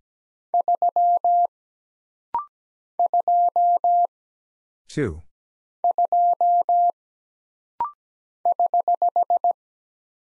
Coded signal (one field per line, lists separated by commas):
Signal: Morse code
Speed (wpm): 17 wpm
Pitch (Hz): 700 Hz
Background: none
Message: 3 2 2 <HH>